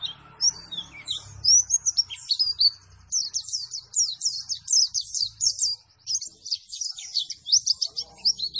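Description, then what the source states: White-eye song: fast, high, twittering phrases of slurred chirps delivered in quick bursts with a couple of short gaps. Bird performing energetically after being given a vitamin C 1000 supplement.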